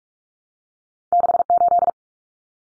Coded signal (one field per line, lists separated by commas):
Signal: Morse code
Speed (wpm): 44 wpm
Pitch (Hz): 700 Hz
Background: none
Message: 68